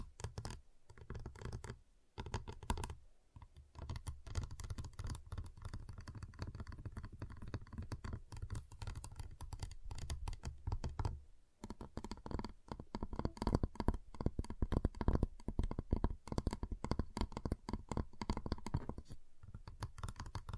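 Tapping, cutting and snapping sounds on a giant chocolate bar, made up of dense, rapid clicks and taps that run almost without pause. Brief silences fall near two, three and eleven seconds, and the taps grow louder and sharper in the second half.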